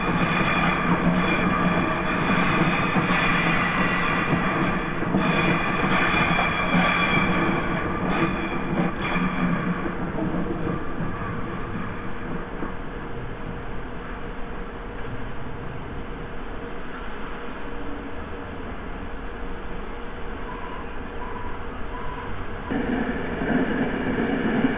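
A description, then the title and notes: A train runs at steady speed, with a constant dense rumble and whining tones from the wheels and motors. Around ten seconds the sound eases and softens, a few short beeps come near the twenty-second mark, then the roar rises again abruptly. Then real train recordings from a British railcam were brought into to represent the “real” world.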